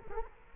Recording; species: mosquito wingbeat signal from an infrared sensor; Culex quinquefasciatus